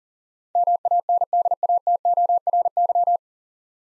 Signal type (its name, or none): Morse code